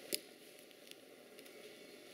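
The other end of a Y wiring harness for a Jet Performance Xcelerator Throttle Tuner is plugged into the stock plastic throttle connector on a late-model Toyota. A sharp click at 0.1 s is followed by a few faint ticks over low background noise. The harness connector is seated.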